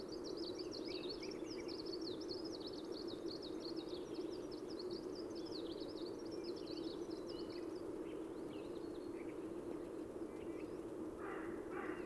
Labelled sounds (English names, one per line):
Greenish Warbler song